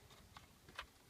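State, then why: Not seated. A wiring connector is being handled into the door trim panel switch on a Versa hatchback during a won't-open fix involving part 80500-EL01B, before the plastic panel is refitted. Two short, faint ticks are heard at about 0.4 s and 0.8 s, the second slightly louder. Nothing has seated or clicked home yet.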